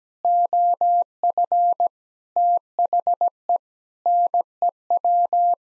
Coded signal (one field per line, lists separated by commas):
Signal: Morse code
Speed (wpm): 17 wpm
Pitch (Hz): 700 Hz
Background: none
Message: OF THE NEW